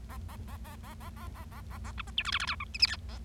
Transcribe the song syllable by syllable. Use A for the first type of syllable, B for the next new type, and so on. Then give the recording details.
A A A A A A A A A A A B C D E F F G H I J K A. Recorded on 25 March 2012 at 18:44. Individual gy6or6